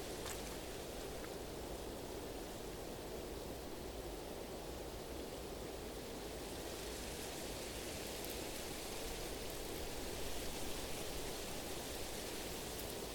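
Wind blows through the trees in a steady, dense rush that barely changes over the whole stretch. The hiss is full and even, with a heavier low roar underneath, and it swells slightly brighter and louder in the second half.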